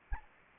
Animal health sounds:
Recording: mosquito wingbeat signal from an infrared sensor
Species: Anopheles arabiensis

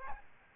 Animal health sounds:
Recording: mosquito wingbeat signal from an infrared sensor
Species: Aedes albopictus

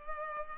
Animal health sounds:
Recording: mosquito wingbeat signal from an infrared sensor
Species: Culex pipiens

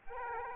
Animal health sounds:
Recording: mosquito wingbeat signal from an infrared sensor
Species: Aedes aegypti

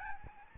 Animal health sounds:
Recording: mosquito wingbeat signal from an infrared sensor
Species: Aedes albopictus

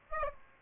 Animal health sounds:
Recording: mosquito wingbeat signal from an infrared sensor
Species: Aedes aegypti

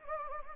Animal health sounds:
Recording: mosquito wingbeat signal from an infrared sensor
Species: Anopheles gambiae

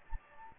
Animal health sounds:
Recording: mosquito wingbeat signal from an infrared sensor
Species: Anopheles gambiae

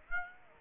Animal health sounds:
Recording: mosquito wingbeat signal from an infrared sensor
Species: Aedes aegypti

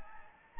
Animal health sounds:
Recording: mosquito wingbeat signal from an infrared sensor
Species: Anopheles gambiae

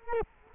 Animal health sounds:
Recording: mosquito wingbeat signal from an infrared sensor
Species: Culex quinquefasciatus

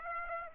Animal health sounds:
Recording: mosquito wingbeat signal from an infrared sensor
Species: Aedes aegypti

